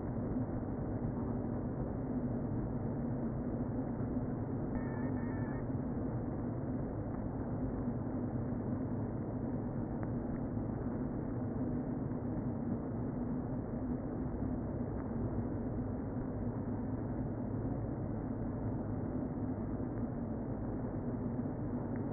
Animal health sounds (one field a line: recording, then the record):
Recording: honeybee colony, microphone inside the hive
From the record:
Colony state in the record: queen present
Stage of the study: before two queens were removed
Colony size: about 60,000 bees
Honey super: yes